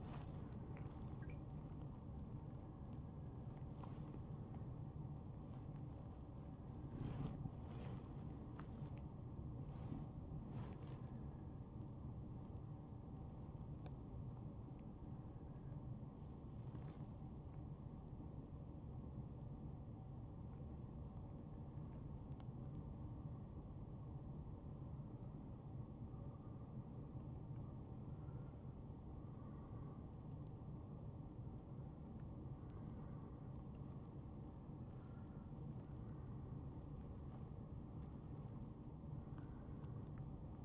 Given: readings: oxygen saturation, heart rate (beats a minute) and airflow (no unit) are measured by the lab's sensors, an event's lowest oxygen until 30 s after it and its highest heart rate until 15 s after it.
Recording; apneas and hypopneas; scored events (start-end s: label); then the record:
a person awake in a sleep study, by a smartphone at the bedside; none
0.00-40.65 s: awake
From the record:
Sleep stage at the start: awake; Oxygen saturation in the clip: 93 to 94%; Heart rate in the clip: 72 to 83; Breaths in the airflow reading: 12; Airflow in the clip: -5.2 to 7.8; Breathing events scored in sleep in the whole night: 263 in 5.5 hours asleep